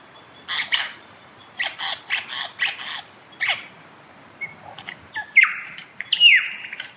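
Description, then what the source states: Lyrebird song: bursts of harsh rattling notes in quick groups, followed by scattered clicks and a few loud descending whistles near the end. Listener recording, Cathedral Ranges, Victoria.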